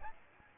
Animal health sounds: mosquito wingbeat signal from an infrared sensor; Aedes aegypti

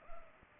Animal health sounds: mosquito wingbeat signal from an infrared sensor; Culex pipiens

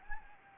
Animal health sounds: mosquito wingbeat signal from an infrared sensor; Anopheles gambiae

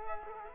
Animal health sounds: mosquito wingbeat signal from an infrared sensor; Culex quinquefasciatus

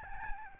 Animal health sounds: mosquito wingbeat signal from an infrared sensor; Aedes albopictus

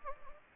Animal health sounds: mosquito wingbeat signal from an infrared sensor; Anopheles gambiae

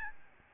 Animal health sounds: mosquito wingbeat signal from an infrared sensor; Aedes albopictus

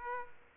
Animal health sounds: mosquito wingbeat signal from an infrared sensor; Aedes aegypti

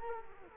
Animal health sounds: mosquito wingbeat signal from an infrared sensor; Culex quinquefasciatus

